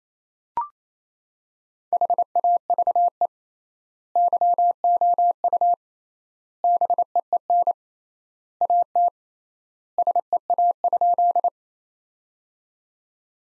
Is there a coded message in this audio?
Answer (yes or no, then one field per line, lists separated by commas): yes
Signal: Morse code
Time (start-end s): 1.9-11.5 s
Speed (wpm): 28 wpm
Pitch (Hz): 700 Hz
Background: none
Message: HAVE YOU BEEN AT SEA?